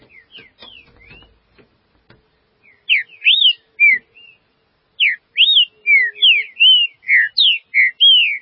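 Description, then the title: Green-winged saltator singing bright, slurred whistles: a few soft notes, a short loud burst, then a longer string of about ten notes slurring up or down. "Trinca Ferro"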